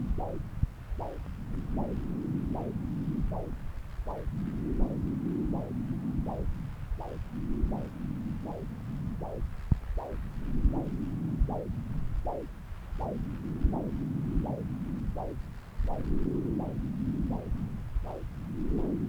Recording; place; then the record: Doppler ultrasound of blood flow; left subclavian vein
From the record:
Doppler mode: continuous wave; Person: adult scuba diver, at rest before a dive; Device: O'Dive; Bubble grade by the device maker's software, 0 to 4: 0